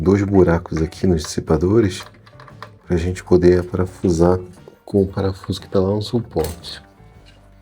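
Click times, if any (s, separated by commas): none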